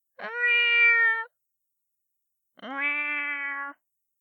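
Cat giving two long, steady, harmonic-rich meows of about a second each, separated by a silent gap, the second slightly lower-pitched.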